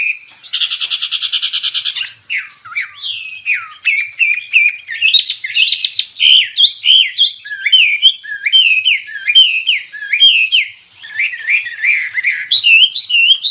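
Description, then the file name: Hwamei song opens with a buzzy trilled burst, then continues as a long, lively medley of bright whistled phrases and quick up-and-down slurs. Described as an exceptional hwamei in full, energetic song (gacor). "Burung Hwamei Wambi wambie. Gacor"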